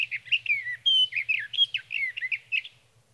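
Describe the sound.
Sage thrasher warbling rapidly, with long slurred whistles among burry notes, over a faint low pulsing hum.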